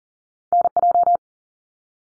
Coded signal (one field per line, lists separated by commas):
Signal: Morse code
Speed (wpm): 40 wpm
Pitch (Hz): 700 Hz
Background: none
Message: NJ